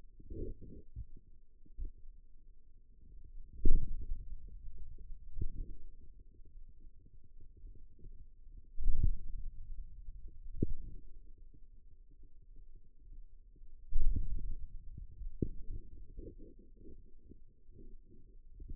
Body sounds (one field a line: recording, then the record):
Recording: forearm muscle sounds (acoustic myography)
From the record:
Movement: wrist flexion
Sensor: system 2, bracelet of six BSWA MPA416 microphones around the upper forearm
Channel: 4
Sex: male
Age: 22 years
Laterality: right